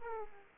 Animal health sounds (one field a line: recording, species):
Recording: mosquito wingbeat signal from an infrared sensor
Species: Aedes aegypti